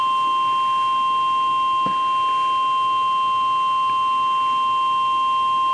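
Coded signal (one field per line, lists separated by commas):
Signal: Emergency Alert System (SAME) tones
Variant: 1050 Hz attention tone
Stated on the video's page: Severe Thunderstorm Warning.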